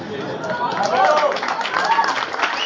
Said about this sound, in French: Mais bon, si lui n'aime pas être devant le feu de la scène, on peut au moins l'applaudir largement pour tout ce qu'il a fait.